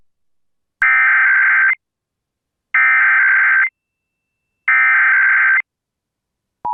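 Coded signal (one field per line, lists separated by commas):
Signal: Emergency Alert System (SAME) tones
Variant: header bursts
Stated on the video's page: Real New Jersey Required Monthly Tests and severe weather alerts, including a Tornado Warning.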